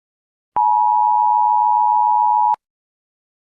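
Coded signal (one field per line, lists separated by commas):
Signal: Emergency Alert System (SAME) tones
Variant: 853 and 960 Hz attention tone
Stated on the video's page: Low-quality recording of EAS alert.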